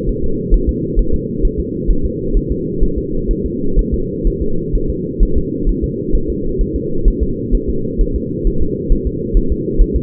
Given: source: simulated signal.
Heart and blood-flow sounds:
fetal heart sounds
0.09 s: S1
0.24 s: S2
0.54 s: S1
0.69 s: S2
0.99 s: S1
1.14 s: S2
1.45 s: S1
1.60 s: S2
1.91 s: S1
2.05 s: S2
2.37 s: S1
2.52 s: S2
2.83 s: S1
2.98 s: S2
3.31 s: S1
3.46 s: S2
3.79 s: S1
3.94 s: S2
4.27 s: S1
4.42 s: S2
4.75 s: S1
4.90 s: S2
5.23 s: S1
5.38 s: S2
5.69 s: S1
5.84 s: S2
6.15 s: S1
6.30 s: S2
6.61 s: S1
6.76 s: S2
7.08 s: S1
7.23 s: S2
7.55 s: S1
7.69 s: S2
8.01 s: S1
8.16 s: S2
8.47 s: S1
8.62 s: S2
8.92 s: S1
9.07 s: S2
9.37 s: S1
9.52 s: S2
9.81 s: S1
9.96 s: S2
From the record:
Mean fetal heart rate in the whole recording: 130 bpm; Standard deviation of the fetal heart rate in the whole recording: 4 bpm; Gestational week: 38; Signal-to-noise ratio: -8.1 dB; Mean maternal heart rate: 72 bpm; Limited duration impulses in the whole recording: present

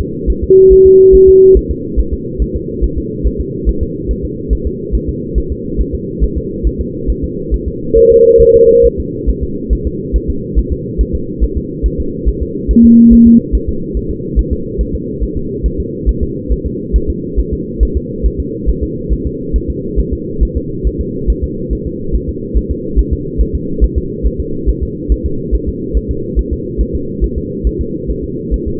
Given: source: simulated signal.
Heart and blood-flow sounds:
fetal heart sounds
0.01 s: S2
0.30 s: S1
0.44 s: S2
0.72 s: S1
0.86 s: S2
1.15 s: S1
1.29 s: S2
1.57 s: S1
1.71 s: S2
2.00 s: S1
2.13 s: S2
2.42 s: S1
2.56 s: S2
2.84 s: S1
2.98 s: S2
3.26 s: S1
3.41 s: S2
3.69 s: S1
3.83 s: S2
4.11 s: S1
4.25 s: S2
4.53 s: S1
4.67 s: S2
4.95 s: S1
5.09 s: S2
5.38 s: S1
5.52 s: S2
5.81 s: S1
5.95 s: S2
6.24 s: S1
6.38 s: S2
6.67 s: S1
6.81 s: S2
7.10 s: S1
7.24 s: S2
7.54 s: S1
7.68 s: S2
7.98 s: S1
8.12 s: S2
8.42 s: S1
8.56 s: S2
8.86 s: S1
9.00 s: S2
9.29 s: S1
9.43 s: S2
9.73 s: S1
9.87 s: S2
10.16 s: S1
10.30 s: S2
10.59 s: S1
10.73 s: S2
11.01 s: S1
11.15 s: S2
11.44 s: S1
11.57 s: S2
11.86 s: S1
12.00 s: S2
12.29 s: S1
12.43 s: S2
12.71 s: S1
12.85 s: S2
13.13 s: S1
13.27 s: S2
13.55 s: S1
13.69 s: S2
13.97 s: S1
14.11 s: S2
14.39 s: S1
14.53 s: S2
14.81 s: S1
14.95 s: S2
15.23 s: S1
15.37 s: S2
15.66 s: S1
15.80 s: S2
16.09 s: S1
16.23 s: S2
16.52 s: S1
16.66 s: S2
16.96 s: S1
17.10 s: S2
17.39 s: S1
17.53 s: S2
17.83 s: S1
17.97 s: S2
18.26 s: S1
18.40 s: S2
18.69 s: S1
18.83 s: S2
19.13 s: S1
19.27 s: S2
19.56 s: S1
19.70 s: S2
19.99 s: S1
20.13 s: S2
20.43 s: S1
20.57 s: S2
20.87 s: S1
21.01 s: S2
21.30 s: S1
21.44 s: S2
21.73 s: S1
21.87 s: S2
22.15 s: S1
22.29 s: S2
22.57 s: S1
22.71 s: S2
22.99 s: S1
23.13 s: S2
23.41 s: S1
23.55 s: S2
23.84 s: S1
23.98 s: S2
24.26 s: S1
24.40 s: S2
24.69 s: S1
24.83 s: S2
25.12 s: S1
25.26 s: S2
25.55 s: S1
25.69 s: S2
25.97 s: S1
26.11 s: S2
26.39 s: S1
26.53 s: S2
26.81 s: S1
26.95 s: S2
27.24 s: S1
27.38 s: S2
27.67 s: S1
27.81 s: S2
28.10 s: S1
28.24 s: S2
28.54 s: S1
28.68 s: S2
From the record:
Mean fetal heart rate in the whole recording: 140 bpm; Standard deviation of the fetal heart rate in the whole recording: 2 bpm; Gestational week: 34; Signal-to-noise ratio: -6.6 dB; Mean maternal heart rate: 72 bpm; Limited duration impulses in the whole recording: present

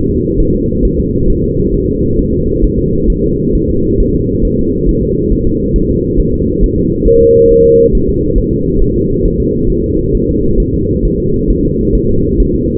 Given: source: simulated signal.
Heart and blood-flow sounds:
fetal heart sounds
0.09 s: S2
0.40 s: S1
0.55 s: S2
0.85 s: S1
1.00 s: S2
1.30 s: S1
1.44 s: S2
1.74 s: S1
1.89 s: S2
2.19 s: S1
2.34 s: S2
2.64 s: S1
2.79 s: S2
3.10 s: S1
3.24 s: S2
3.55 s: S1
3.70 s: S2
4.00 s: S1
4.15 s: S2
4.45 s: S1
4.59 s: S2
4.89 s: S1
5.03 s: S2
5.32 s: S1
5.47 s: S2
5.76 s: S1
5.90 s: S2
6.20 s: S1
6.34 s: S2
6.64 s: S1
6.78 s: S2
7.08 s: S1
7.22 s: S2
7.51 s: S1
7.66 s: S2
7.95 s: S1
8.09 s: S2
8.38 s: S1
8.53 s: S2
8.82 s: S1
8.96 s: S2
9.25 s: S1
9.40 s: S2
9.70 s: S1
9.84 s: S2
10.15 s: S1
10.29 s: S2
10.60 s: S1
10.74 s: S2
11.05 s: S1
11.20 s: S2
11.50 s: S1
11.65 s: S2
11.95 s: S1
12.10 s: S2
12.40 s: S1
12.55 s: S2
From the record:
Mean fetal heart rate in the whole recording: 135 bpm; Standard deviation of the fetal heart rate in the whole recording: 3 bpm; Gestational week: 36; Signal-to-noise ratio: -15.3 dB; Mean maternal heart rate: 72 bpm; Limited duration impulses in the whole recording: present

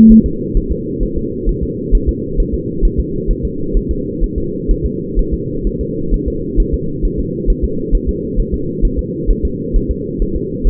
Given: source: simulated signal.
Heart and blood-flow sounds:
fetal heart sounds
0.12 s: S1
0.26 s: S2
0.57 s: S1
0.72 s: S2
1.03 s: S1
1.18 s: S2
1.49 s: S1
1.63 s: S2
1.95 s: S1
2.09 s: S2
2.40 s: S1
2.54 s: S2
2.85 s: S1
3.00 s: S2
3.31 s: S1
3.45 s: S2
3.77 s: S1
3.91 s: S2
4.24 s: S1
4.38 s: S2
4.71 s: S1
4.86 s: S2
5.19 s: S1
5.34 s: S2
5.67 s: S1
5.81 s: S2
6.14 s: S1
6.28 s: S2
6.60 s: S1
6.74 s: S2
7.05 s: S1
7.19 s: S2
7.50 s: S1
7.64 s: S2
7.95 s: S1
8.09 s: S2
8.39 s: S1
8.54 s: S2
8.85 s: S1
8.99 s: S2
9.31 s: S1
9.45 s: S2
9.76 s: S1
9.91 s: S2
10.22 s: S1
10.36 s: S2
10.67 s: S1
From the record:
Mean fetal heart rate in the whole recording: 130 bpm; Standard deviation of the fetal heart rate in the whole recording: 4 bpm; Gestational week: 38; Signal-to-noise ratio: -6.6 dB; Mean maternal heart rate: 72 bpm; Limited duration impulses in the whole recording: present

